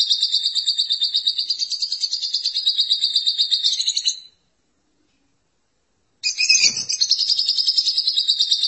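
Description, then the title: Lovebird song: a high, fast chattering trill for about four seconds, a two-second silence, then the chatter returns with a harsh burst. "BM Suara Burung Lovebird"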